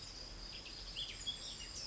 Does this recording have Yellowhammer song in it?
no